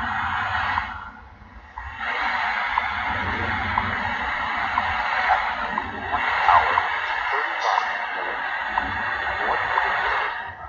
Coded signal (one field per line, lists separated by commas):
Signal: radio time signal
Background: speech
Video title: Live Shortwave radio Show Friday October 19th 2018